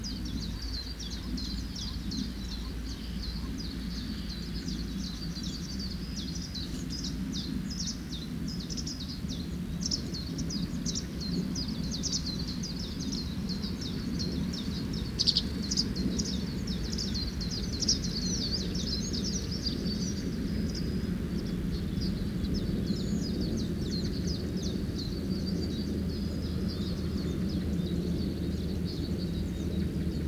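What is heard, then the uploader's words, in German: Starlings chatter continuously in a dense, bright flock, their clicks and whistles running together without pause through the whole stretch. Underneath lies a steady low rumble, like traffic. A single sharper call stands out around fifteen seconds. Stare in der Lehmgrube Marloffstein (am Morgen; Kopfhörerfassung). Die Stare sind am Morgen noch lauter als am Abend.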